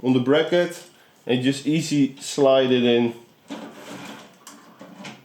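A hard drive mounted on its bracket is slid into the drive cage of a PC case while someone talks, followed by soft sliding and rubbing sounds with short knocks near 4.5 and 5.1 seconds. The clip ends before the bracket goes home, and nothing has clicked or seated yet.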